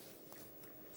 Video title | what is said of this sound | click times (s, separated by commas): JewelleryMaker LIVE 26/10/21 8AM - 5PM | did you i don't you might even hear that snap | 0.3 s